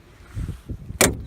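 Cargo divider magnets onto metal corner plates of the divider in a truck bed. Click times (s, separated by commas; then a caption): 1.0 s. A carpet-hinged cargo divider in a truck bed is folded up, with low soft thumps of handling around 0.4 to 0.7 seconds. At 1.0 s its sixty-five-pound neodymium magnets snap onto the metal plates on the divider corners with a sharp click, and the divider is seated.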